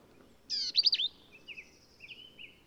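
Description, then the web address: Black-capped vireo song: a single harsh, buzzy phrase with quick up-and-down strokes, followed by a few soft, thin whistled notes. "birdsongforthecurious Black-capped Vireo"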